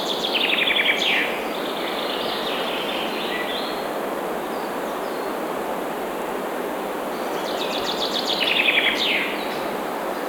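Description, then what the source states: Bird song: high, fast trills and descending twitters in two bursts, near the start and again after eight seconds, over a steady broad hiss of background noise. Birds singing in a forest.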